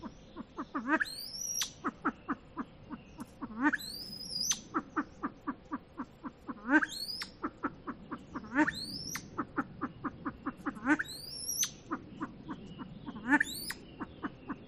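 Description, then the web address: Silver pheasant delivering a long, regular series of low clucks with louder accented notes every few seconds and recurring high, rising whistles. "lophura-nycthemera-sound"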